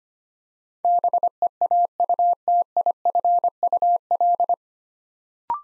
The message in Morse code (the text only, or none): BEAUTIFUL